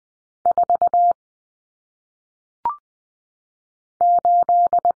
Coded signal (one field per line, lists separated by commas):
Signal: Morse code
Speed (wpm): 20 wpm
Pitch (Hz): 700 Hz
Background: none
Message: 4 8